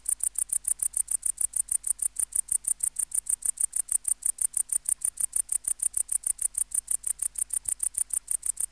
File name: Tettigonia hispanica